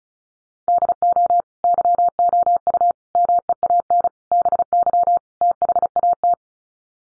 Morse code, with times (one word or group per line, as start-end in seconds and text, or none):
0.7-1.4 DO
1.6-2.9 YOU
3.1-4.1 MEAN
4.3-5.2 BY
5.4-6.3 THAT